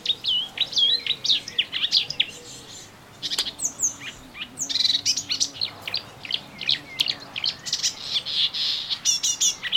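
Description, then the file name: Melodious warbler song: lively, sustained jumble of fast chirps, whistles and twitters with only a short pause. Recorded in a garden on 25 June 2017. "Orpheusspötter 2017 06 25 Garten"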